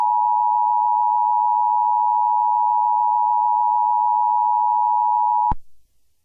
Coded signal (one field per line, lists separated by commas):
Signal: Emergency Alert System (SAME) tones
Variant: 853 and 960 Hz attention tone